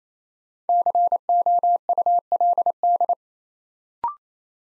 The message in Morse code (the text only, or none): COULD